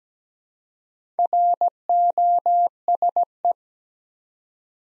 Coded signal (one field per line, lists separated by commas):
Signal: Morse code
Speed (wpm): 17 wpm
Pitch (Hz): 700 Hz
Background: none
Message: ROSE